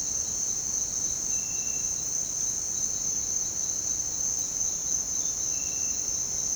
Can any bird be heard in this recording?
no